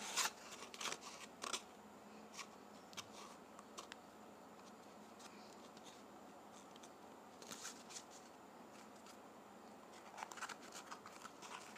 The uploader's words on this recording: ASMR Toilet Paper.